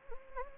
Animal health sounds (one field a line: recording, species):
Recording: mosquito wingbeat signal from an infrared sensor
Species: Anopheles gambiae